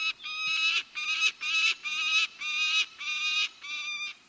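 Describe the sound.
Peregrine Falcon calling: a series of several loud, harsh, wailing notes.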